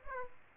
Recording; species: mosquito wingbeat signal from an infrared sensor; Aedes aegypti